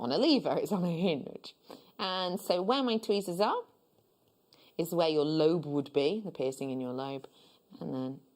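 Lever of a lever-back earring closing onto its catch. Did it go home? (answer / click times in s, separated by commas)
no / none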